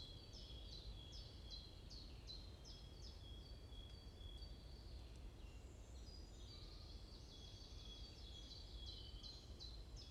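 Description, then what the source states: Bird chirping in fast repeated high notes, about two per second, pausing briefly before another lively chirping series, above continuous low-frequency rumble. Morning chorus in a forest at Bosvoorde, Watermaal-Bosvoorde, Brussels, Belgium; peaceful setting; recorded with an AMBE VR microphone.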